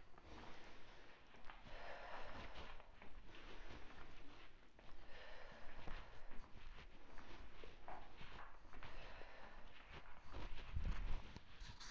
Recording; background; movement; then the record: deep breathing; quiet; walking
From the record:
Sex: female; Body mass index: 36.4 kg/m2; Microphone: on the chest, facing outward